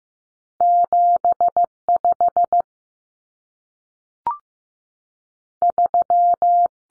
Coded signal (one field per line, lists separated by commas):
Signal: Morse code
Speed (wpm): 15 wpm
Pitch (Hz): 700 Hz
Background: none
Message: 75 3